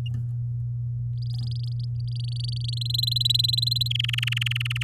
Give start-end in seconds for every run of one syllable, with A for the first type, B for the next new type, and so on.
1.17-2.79 A, 2.81-3.88 B, 3.90-4.83 C